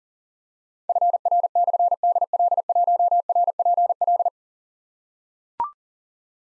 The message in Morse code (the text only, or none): FR/DL1RPL